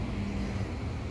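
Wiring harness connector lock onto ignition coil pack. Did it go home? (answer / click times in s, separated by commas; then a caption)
no / none. A wiring harness connector and its plastic locking slide are handled at a new ignition coil pack on a 2001-2010 Chrysler Town & Country, 2001-2010 Dodge Grand Caravan or Volkswagen Routan. Only a steady low rumble with a faint hum near 200 Hz is heard, with no distinct hits. Nothing has seated or clicked yet.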